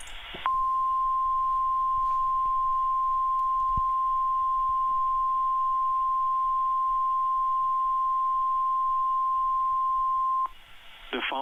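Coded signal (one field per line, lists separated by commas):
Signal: Emergency Alert System (SAME) tones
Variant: 1050 Hz attention tone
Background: speech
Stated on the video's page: Fictional scenario alert, not a real broadcast.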